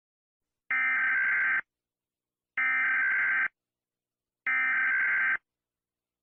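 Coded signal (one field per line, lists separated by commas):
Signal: Emergency Alert System (SAME) tones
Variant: header bursts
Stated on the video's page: Fictional EAS scenario, not a real alert.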